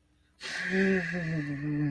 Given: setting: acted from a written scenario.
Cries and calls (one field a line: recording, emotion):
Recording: vocal sound without words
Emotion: contempt